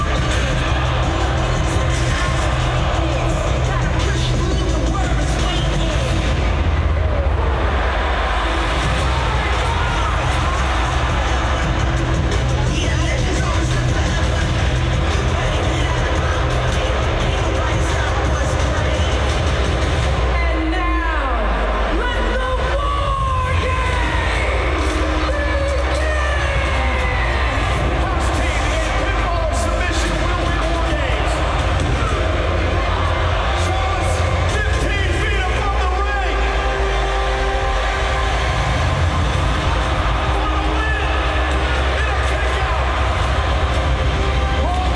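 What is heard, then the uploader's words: Wrestling event in an arena, with a dense, steady wall of crowd noise and voices running throughout. A heavy low rumble underlies it, and the roar swells and dips, with brief thinner moments around 7, 21 and 36 seconds. Wwe wrestling at Barclay center. Wrestling sounds.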